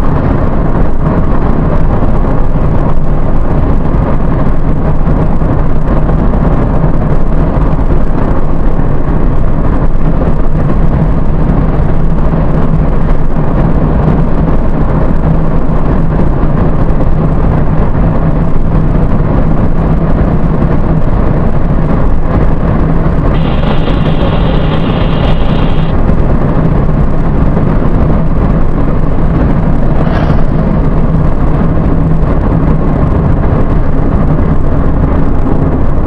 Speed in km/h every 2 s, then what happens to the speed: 98, 100, 100, 101, 101, 101, 103, 103, 107, 111, 112, 114, 114, 112, 105, 98, 96, 87.
0-25 speeds up to 114. 25-36 slows to 87.